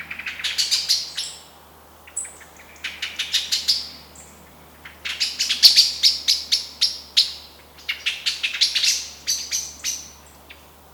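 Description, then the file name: Eurasian blackbird uttering irregular series of sharp ticking calls, grouped in short agitated bursts with pauses between them. "Turdus merula"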